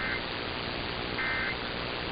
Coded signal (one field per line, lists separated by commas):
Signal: Emergency Alert System (SAME) tones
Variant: end-of-message bursts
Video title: EAS # 1017-1034: "You gotta hear this, I'm serious- (Same Header)" (Alerts of May 2022)